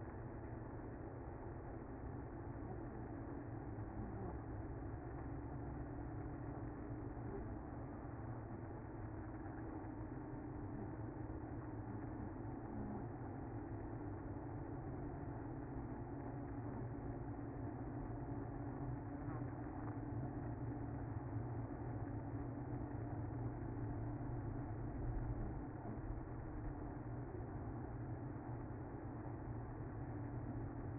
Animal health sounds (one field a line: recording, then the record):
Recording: honeybee colony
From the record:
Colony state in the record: active